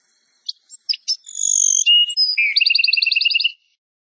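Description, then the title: Bird song with scattered chips, a drawn-out high whistle and lower tone, then a quick run of about a dozen bouncing two-part notes. Masteran tutor song of a bird singing gacor (energetically) in tembakan style, Indonesia. "Masteran Burung Tembakan Gacor"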